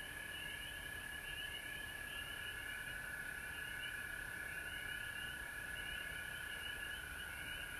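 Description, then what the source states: Frogs calling continuously, overlapping rapid pulses above a steady trilling band, forming a dense even chorus with low background noise. Recorded at home in Georgia on March 19, 2020.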